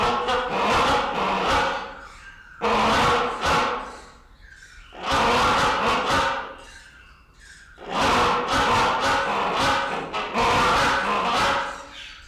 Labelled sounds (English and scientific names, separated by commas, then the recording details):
Great Hornbill (Buceros bicornis)
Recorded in captivity
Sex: pair
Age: adult
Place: Zoo Berlin, Berlin, DE
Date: 1992-12-25
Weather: heiter, -7°C
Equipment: Marantz CP 430, Sennheiser ME 80, Kopie Uher Variocord 263
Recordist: Tembrock, Günter
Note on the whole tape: Paarduett, Männchen beginnt und endet allein (2 m)